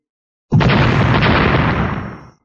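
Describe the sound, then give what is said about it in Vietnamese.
A sudden, loud explosive blast from a collision of clashing forces erupts into a dense, rumbling roar that holds steady for nearly two seconds, then gradually fades away, with no voices present. “Một trận thanh âm nổ đùng đùng kịch liệt không ngừng từ chỗ va chạm cuồn cuộn lan ra, lực lượng pháp tắc khác biệt va chạm vào nhau, nhất thời làm cho vùng hư không phát sinh ra vặn vẹo, ở giữa đổ sụp ra một cái vòng xoáy không gian đen như mực.”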